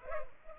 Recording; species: mosquito wingbeat signal from an infrared sensor; Culex pipiens